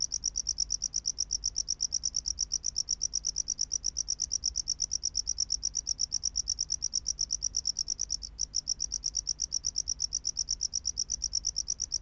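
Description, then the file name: Tropical house cricket song: steady high chirps repeated several times a second, with a faint low hum beneath. "Bio Acoustica Gryllodes sigillatus"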